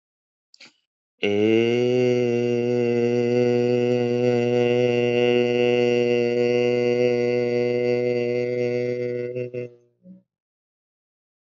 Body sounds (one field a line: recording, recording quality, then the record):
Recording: sustained vowel as in made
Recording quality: excellent, no background noise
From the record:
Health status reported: healthy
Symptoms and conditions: cough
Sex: male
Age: 32 years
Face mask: not worn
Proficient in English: yes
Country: United States